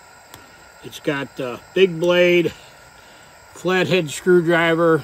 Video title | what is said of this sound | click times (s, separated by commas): Tent Camp Journal entry 11 | the blades snap in place | 0.3 s